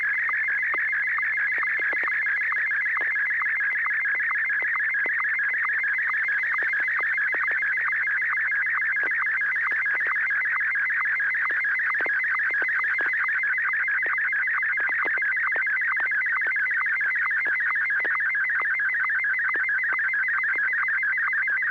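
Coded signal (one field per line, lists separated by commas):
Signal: SSTV (slow-scan television)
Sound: steady warbling, chirping tone with rapid regular ticks, like a fast rhythmic whine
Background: low steady hum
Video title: N6NA SSTV Net - 01/13/2021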